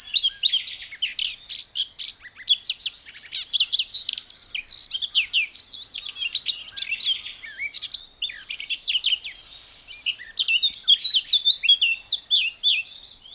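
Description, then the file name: Eurasian blackcap in a long, restless warble of sharp chirps, squeaky slurs and quick twittering phrases, steady throughout. "Sylvia atricapilla"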